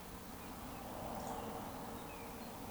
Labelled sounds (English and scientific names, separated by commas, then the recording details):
Eurasian Woodcock (Scolopax rusticola) whistle
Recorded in Baden-Württemberg, Germany, on 13 June 2020 at 20:13 UTC
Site 14569, 102 m above sea level